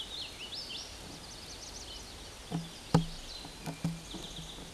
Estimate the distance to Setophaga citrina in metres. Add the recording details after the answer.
about 55 m. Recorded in a Pennsylvania forest on 18 May 2023 at 10:15. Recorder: AudioMoth, point grid1_12_low. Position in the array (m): 228 m, 139 m